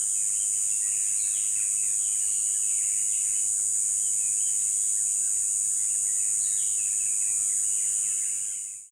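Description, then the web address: Dense insect buzzing stays high and unbroken under scattered bird chirps, then the whole sound fades out at the very end. Insects close by at a river at dawn in jungle rainforest. "river dawn insect close. dschungel regenwald"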